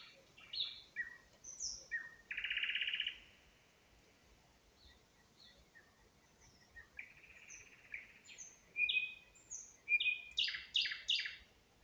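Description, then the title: Nightingale song, varied phrases: sharp chips, a loud buzzy rasping note, sliding whistles, then a rapid series of repeated stacked notes. Spring song recorded near Huncha, Vinnytsia Oblast, Ukraine. "Гунча, Вінницька область, Україна - Spring, nightingale singing"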